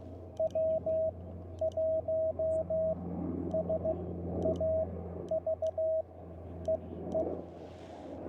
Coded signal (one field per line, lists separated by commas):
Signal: Morse code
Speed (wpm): 16 wpm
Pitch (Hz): 640 Hz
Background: radio noise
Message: W1SAV EE